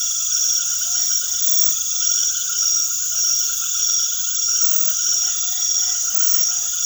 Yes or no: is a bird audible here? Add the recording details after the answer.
no. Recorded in secondary vegetation near Puerto Asís, Putumayo, Colombia, on 19 February 2024 at 20:00. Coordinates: 0.500, -76.326. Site G6428